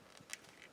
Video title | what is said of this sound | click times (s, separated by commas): Toywolf Gold Dirtyman | we slide it until it locks | 0.3 s